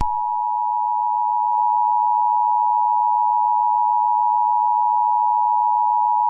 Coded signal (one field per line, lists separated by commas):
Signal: Emergency Alert System (SAME) tones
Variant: 853 and 960 Hz attention tone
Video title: United States Hantavirus Outbreak a mini EAS Scenario